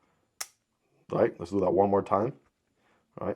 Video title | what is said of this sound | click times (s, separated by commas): WHY HAS NO ONE TOLD ME ABOUT THESE KNIVES?! | I feel a pretty good snap. Check this out. | 0.4 s